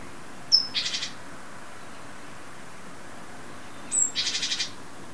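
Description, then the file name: Great tit gives two calls, each a sharp thin note followed by a short dry buzzy rattle, separated by a quiet gap of about three seconds. "Parus major"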